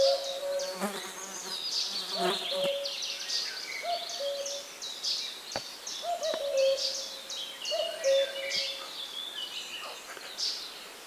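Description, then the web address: Common cuckoo giving its two-note cu-coo call several times throughout, the lower note held, among a dense chorus of high, twittering songbirds. Recorded on 10 June 2018. "fagelljud 20180610 gok"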